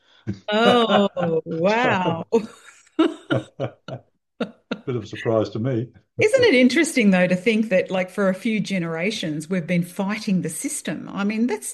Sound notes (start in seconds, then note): 2.3 laughs; 5.9 laughs